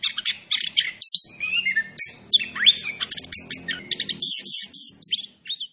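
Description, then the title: Orange-headed thrush song: a rapid, varied stream of high chirps, trills and sliding whistles with almost no pauses, jumping between pitches. Described as gacor, a bird that sings prolifically. "Anis Kembang Gacor. Suara Anis Kembang Macan"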